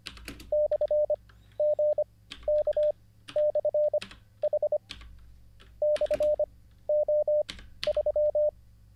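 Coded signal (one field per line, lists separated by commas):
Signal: Morse code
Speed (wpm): 26 wpm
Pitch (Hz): 600 Hz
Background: none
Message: /GK/H /O3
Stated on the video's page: Morse code learned live.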